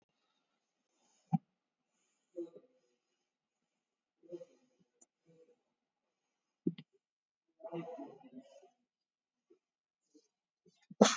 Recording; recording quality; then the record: deep breathing; moderate, slight background noise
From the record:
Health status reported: exposed to COVID-19, no respiratory illness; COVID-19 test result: negative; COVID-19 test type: RT-PCR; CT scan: taken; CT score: 7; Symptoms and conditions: loss of smell and taste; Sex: male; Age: 33 years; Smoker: no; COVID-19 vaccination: one dose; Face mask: worn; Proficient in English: yes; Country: India